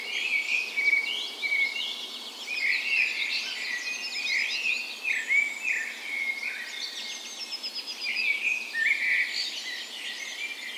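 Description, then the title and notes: Birds in full dawn chorus, layered high chirping and whistled phrases overlapping without pause. Recorded in a park west in Bergen, Norway, on the morning of 17 May, Norway's National Day, in spring; Sony PCM A10 recorder with LOM Usi microphones as tree ears. "17th Of May Dawn Chorus. Recorded on the morning of Norways National Day the 17th of May in a park west in Bergen. Spring is in full effect, and the dawn chorus sounds wonderful!"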